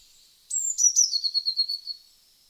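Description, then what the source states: Eurasian blue tit: a few high thin notes followed by a quick, lower trill, in a quiet setting. Recorded in France.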